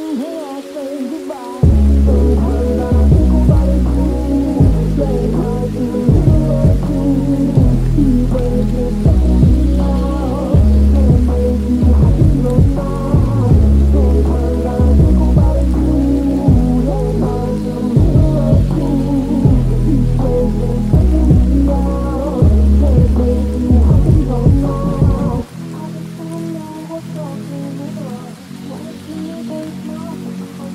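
Rain patters steadily throughout, a fine, even hiss with scattered drops. Underneath runs a deep, pitched pulsing pattern that shifts every second or two, starting just after the opening and thinning out around 25 seconds, leaving quieter rain and low rumble.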